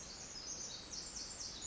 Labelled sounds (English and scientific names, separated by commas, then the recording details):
Pacific Wren (Troglodytes pacificus)
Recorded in Sonoma County, California